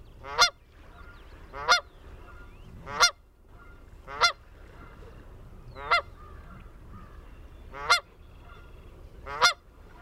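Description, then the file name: Canada goose giving loud nasal honks at irregular intervals, seven calls, with faint softer calls between. A family of Canada geese, recorded 22 June 2001. "2001-06-22 Canada Goose Family"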